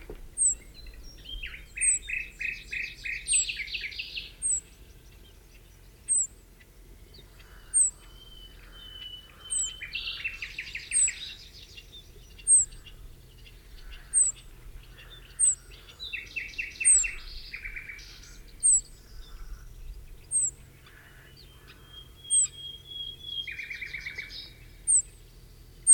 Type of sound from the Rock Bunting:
call